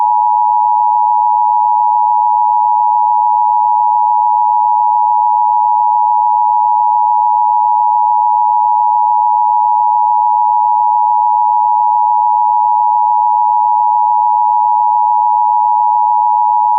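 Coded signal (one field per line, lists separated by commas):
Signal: Emergency Alert System (SAME) tones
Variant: 853 and 960 Hz attention tone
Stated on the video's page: Fictional mock alert imagining the UK with an alert system, based on a real snow warning.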